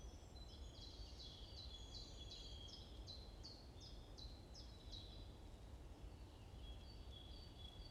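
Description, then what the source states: Birds chirping in a brisk series of sharp, falling notes, then soft high pips later, over steady low noise. Morning birds chirping in a forest at Bosvoorde, Watermaal-Bosvoorde, Brussels, Belgium; described as peaceful; recorded with an AMBE VR microphone.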